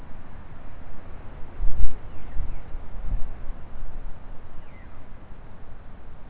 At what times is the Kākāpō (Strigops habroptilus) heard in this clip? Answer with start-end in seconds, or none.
none